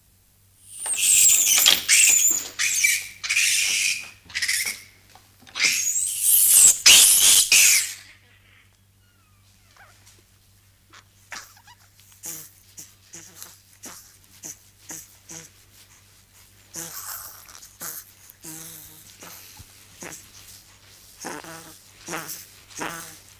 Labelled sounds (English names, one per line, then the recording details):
Mandrill call
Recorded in captivity
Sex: male
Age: juvenile
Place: Zoo Rostock, Mecklenburg-Vorpommern, DE
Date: 1984-02-03 11:00
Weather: bedeckt, 3-5°C
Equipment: Nagra SN, Kopie Uher 4000 Report Monitor
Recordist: Tembrock, Günter